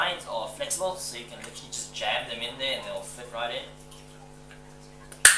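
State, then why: Seated. A flexible internal part is jammed into a paintball loader (hopper) and pressed down while someone talks. After the talk stops, a sharp, loud click at 5.3 s shows the part has locked in place.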